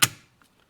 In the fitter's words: We'll get those tabs to lock in, just push it straight in, and